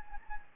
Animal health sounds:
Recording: mosquito wingbeat signal from an infrared sensor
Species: Anopheles gambiae

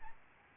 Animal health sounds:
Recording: mosquito wingbeat signal from an infrared sensor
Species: Aedes albopictus

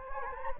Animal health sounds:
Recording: mosquito wingbeat signal from an infrared sensor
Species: Anopheles gambiae

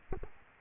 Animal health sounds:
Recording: mosquito wingbeat signal from an infrared sensor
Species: Culex quinquefasciatus

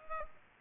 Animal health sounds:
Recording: mosquito wingbeat signal from an infrared sensor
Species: Culex pipiens

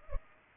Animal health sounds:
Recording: mosquito wingbeat signal from an infrared sensor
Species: Culex pipiens

